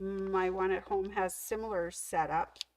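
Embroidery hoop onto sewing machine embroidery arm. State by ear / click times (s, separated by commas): not seated / none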